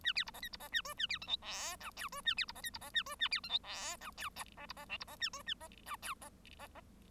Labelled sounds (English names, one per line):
Bengalese Finch song